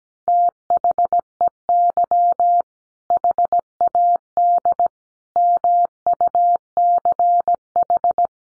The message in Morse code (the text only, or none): THEY HAD MUCH